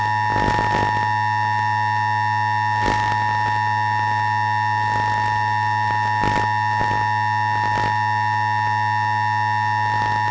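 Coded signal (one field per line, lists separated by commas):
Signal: Emergency Alert System (SAME) tones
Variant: 853 and 960 Hz attention tone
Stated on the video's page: Mock recreation of a 1979 TV EBS test; not authentic.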